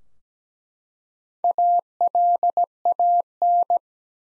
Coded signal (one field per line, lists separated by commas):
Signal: Morse code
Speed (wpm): 17 wpm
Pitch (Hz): 700 Hz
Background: none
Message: ALAN